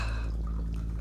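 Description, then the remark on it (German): A drink is poured from a bottle, a brief liquid trickle with soft dripping gurgles over a steady low hum, with no one speaking. “Ist noch was in der Flasche? Oh, wir haben ja noch eine, Mr. Holiday. Aber hier, wird das ja noch genug drin.”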